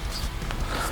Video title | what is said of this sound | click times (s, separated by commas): HOW TO: TACOMA TRD PRO/TRAILHUNTER AUXILIARY HIGH BEAM INSTALL - TRIPLE-R LIGHTS | Same thing, we're going to push that onto the bottom of the lamp until you hear it snap into place. | 0.5 s